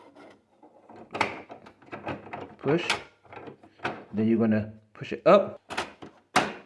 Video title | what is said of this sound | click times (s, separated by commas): How To Install Ink Cartridges Canon Pixma TS3151 | There you go. Until you hear that clicking noise. | 6.4 s